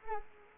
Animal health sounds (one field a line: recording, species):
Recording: mosquito wingbeat signal from an infrared sensor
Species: Culex quinquefasciatus